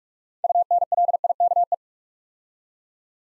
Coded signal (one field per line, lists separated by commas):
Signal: Morse code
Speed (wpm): 44 wpm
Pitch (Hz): 700 Hz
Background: none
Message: UNLIKE